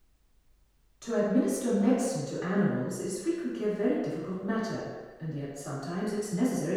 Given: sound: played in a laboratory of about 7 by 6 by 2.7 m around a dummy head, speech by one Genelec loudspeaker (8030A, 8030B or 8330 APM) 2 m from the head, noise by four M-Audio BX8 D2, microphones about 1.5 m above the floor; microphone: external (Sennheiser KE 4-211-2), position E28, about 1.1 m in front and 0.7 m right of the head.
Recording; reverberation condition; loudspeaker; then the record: female speech in English; high; 150 degrees to the left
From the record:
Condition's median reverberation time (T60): about 1300 ms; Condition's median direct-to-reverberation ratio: about -4.0 dB